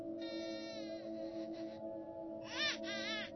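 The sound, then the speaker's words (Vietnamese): An infant cries at night in drawn-out, wavering wails, one long stretch followed after a pause by a louder burst, over a steady low hum. “Đúng rồi, tôi nghe là tiếng trẻ con khóc vang lên trong đêm.”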